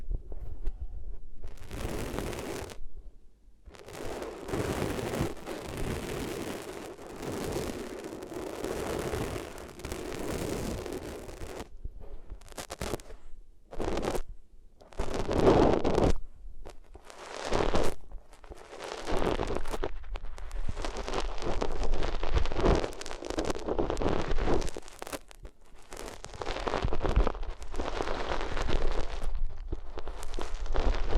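Rubbing sounds on different materials, a dense scratchy rustle that comes in bursts with short silent gaps between strokes. The texture shifts over the half minute, from soft brushing early on to sharper, crackly rubs and taps later, with a low thump under some strokes.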